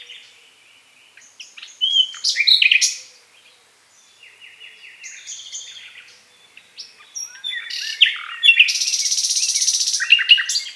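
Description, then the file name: Common nightingale song in separate bursts: varied whistles and chattering notes, ending in a rapid, loud, buzzing trill held for about two seconds. "Luscinia megarhynchos"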